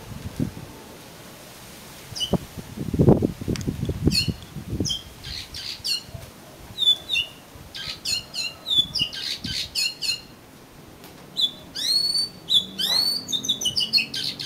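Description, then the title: Oriental magpie-robin song: a lively run of varied high whistles, slurs and sharp chips, with low thumping and rustling sounds near the start. "Kacer Kacer"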